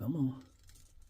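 Someone talks briefly while pushing the car backpack part of a plastic transforming figure onto the figure's C-clip bar with some force, followed by quiet handling noise. Nothing has seated or clicked yet.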